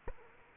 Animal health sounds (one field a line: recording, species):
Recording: mosquito wingbeat signal from an infrared sensor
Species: Culex quinquefasciatus